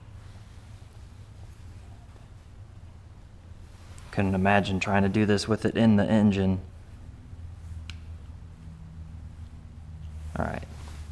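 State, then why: Seated. During an engine swap on a 2013–2019 BRZ, FR-S or 86, an ignition coil boot is pushed down onto a spark plug after someone talks from about 4.1 to 6.6 seconds. A faint, sharp click at 7.9 s marks the coil snapping on and seating, confirmed by the click heard and the feel of it attaching. A few brief taps follow around 10.4 to 10.5 s over a low steady hum.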